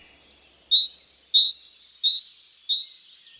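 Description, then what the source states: Great Tit song: a bright, ringing two-note phrase, high then slightly lower, repeated about four times in quick, even succession; no other sounds. So-called 'ringing' (Läuten), the territorial song; common year-round resident seen at winter feeders; city forest in Hannover.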